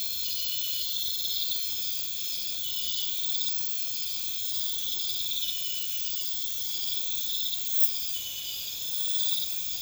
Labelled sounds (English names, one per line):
none